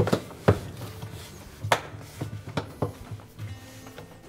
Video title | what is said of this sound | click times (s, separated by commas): Kenmore Washer Repair – How to replace the Gasket | then press down until they snap in place. | 0.5 s, 1.7 s, 2.6 s, 2.8 s